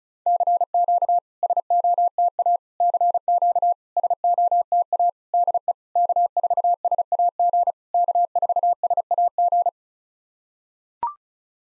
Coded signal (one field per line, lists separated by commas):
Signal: Morse code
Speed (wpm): 36 wpm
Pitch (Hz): 700 Hz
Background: none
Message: CQ SOTA CQ SOTA DE K4SAG K4SAG